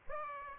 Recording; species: mosquito wingbeat signal from an infrared sensor; Aedes aegypti